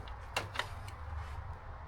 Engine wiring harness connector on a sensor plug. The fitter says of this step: you'll hear a click and then you can pull it out.